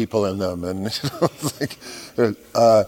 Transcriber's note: laughter